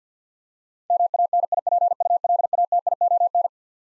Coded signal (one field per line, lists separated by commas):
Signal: Morse code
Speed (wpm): 50 wpm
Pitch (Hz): 700 Hz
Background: none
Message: MANIPULATION